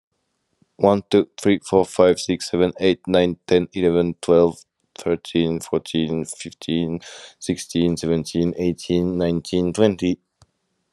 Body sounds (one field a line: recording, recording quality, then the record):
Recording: counting at a fast pace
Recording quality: excellent, no background noise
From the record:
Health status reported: healthy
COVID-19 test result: negative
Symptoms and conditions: fatigue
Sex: male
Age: 34 years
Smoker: yes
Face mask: not worn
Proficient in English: no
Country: France